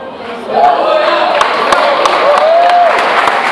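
A crowd applauds and cheers steadily, dense clapping filling the background while scattered voices whoop and call out over it, with a couple of rising shouts standing out.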